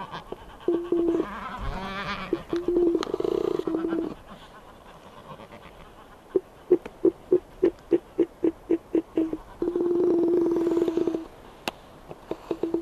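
Black-browed albatross calls: nasal drawn-out braying notes alternating with a rapid series of short clicking pulses, then another long moaning tone.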